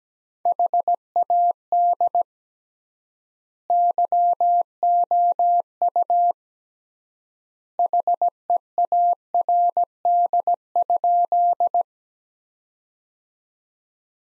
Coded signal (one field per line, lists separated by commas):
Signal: Morse code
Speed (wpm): 17 wpm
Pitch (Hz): 700 Hz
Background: none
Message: HAD YOU HEARD?